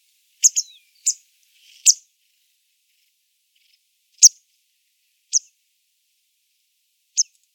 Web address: motacilla cinerea call